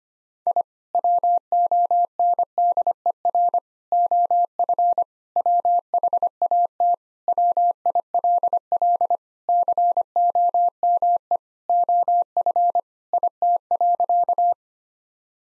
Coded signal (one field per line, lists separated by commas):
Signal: Morse code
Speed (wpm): 25 wpm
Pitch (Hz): 700 Hz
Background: none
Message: I WONDER OF WHAT WILL COME OF IT.